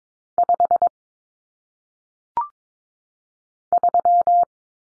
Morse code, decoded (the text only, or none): 5 3